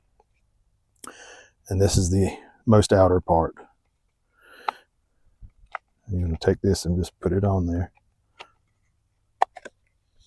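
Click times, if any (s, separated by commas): 9.4 s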